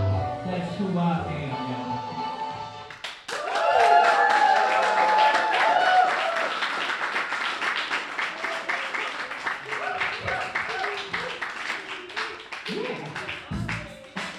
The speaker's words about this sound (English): Yeah! Thanks for clapping.